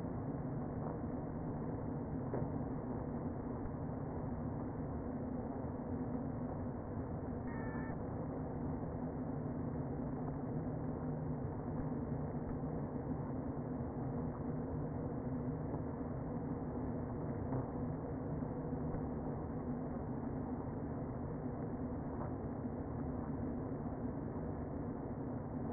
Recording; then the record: honeybee colony, microphone inside the hive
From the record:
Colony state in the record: queen present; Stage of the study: before two queens were removed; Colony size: about 60,000 bees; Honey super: yes